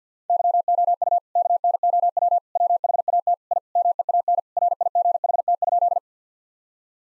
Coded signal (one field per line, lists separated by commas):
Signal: Morse code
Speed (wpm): 50 wpm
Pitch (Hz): 700 Hz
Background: none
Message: YOU KNOW WHAT I MEAN RIGHT?